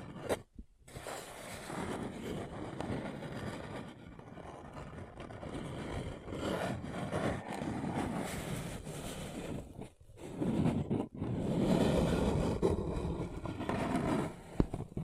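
A paper cup is crinkled and rubbed in a dense, continuous rustle, with brief silent breaks near the start and around ten and eleven seconds.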